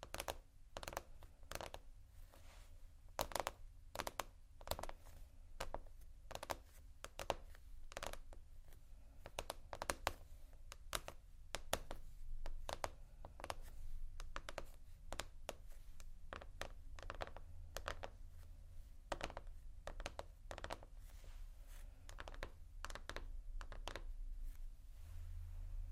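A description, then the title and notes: Slow scratching and tapping on textured surfaces, with sharp, bright taps landing irregularly, sometimes singly and sometimes in quick clusters, throughout. Between them runs a soft, steady scratchy rustle over a low rumbling hum that thickens slightly toward the end. ASMR Slow Scratching & Tapping on Textures (No Talking).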